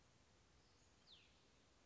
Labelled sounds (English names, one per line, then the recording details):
Cassin's Vireo
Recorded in Sonoma County, California